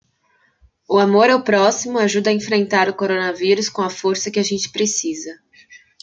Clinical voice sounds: spoken sentence; Brazilian Portuguese; female; 20 to 29 years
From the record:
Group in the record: control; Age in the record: 22 years

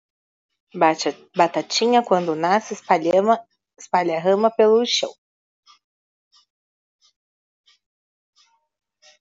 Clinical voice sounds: short text; Brazilian Portuguese; female; 30 to 39 years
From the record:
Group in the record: control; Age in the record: 31 years

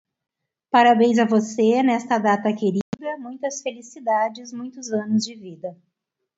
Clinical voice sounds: short text; Brazilian Portuguese; female; 50 to 59 years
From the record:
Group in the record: control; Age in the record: 52 years

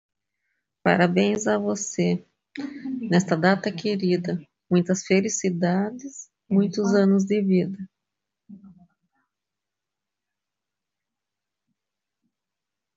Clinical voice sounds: short text; Brazilian Portuguese; female; 50 to 59 years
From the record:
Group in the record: control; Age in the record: 58 years

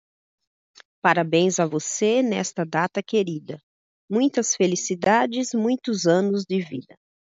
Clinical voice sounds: short text; Brazilian Portuguese; female; 30 to 39 years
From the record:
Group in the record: control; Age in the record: 35 years

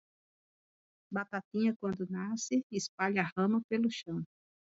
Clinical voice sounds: short text; Brazilian Portuguese; female; 50 to 59 years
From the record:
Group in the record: control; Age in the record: 52 years

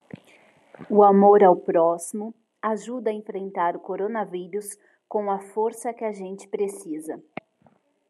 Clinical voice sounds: spoken sentence; Brazilian Portuguese; female; 30 to 39 years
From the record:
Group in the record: control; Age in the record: 34 years

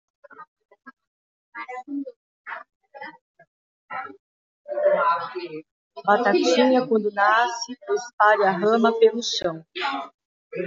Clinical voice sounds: short text; Brazilian Portuguese; female; 50 to 59 years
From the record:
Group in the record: control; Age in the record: 52 years

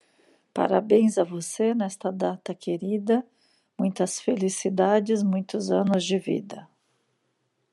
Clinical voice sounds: short text; Brazilian Portuguese; female; 50 to 59 years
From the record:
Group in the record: control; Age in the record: 55 years

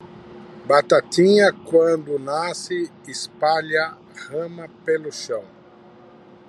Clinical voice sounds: short text; Brazilian Portuguese; male; 60 to 69 years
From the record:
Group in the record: control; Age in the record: 61 years

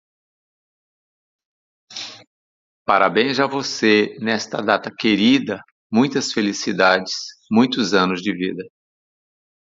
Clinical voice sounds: short text; Brazilian Portuguese; male; 50 to 59 years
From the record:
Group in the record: control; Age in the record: 58 years

